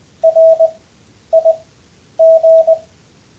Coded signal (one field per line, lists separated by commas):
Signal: Morse code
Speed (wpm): 20 wpm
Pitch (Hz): 650 Hz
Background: none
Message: RIG